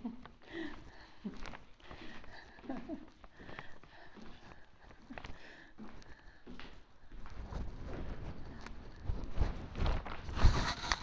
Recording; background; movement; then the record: laughter; quiet; walking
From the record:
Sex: female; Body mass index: 25.5 kg/m2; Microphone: on the chest, facing outward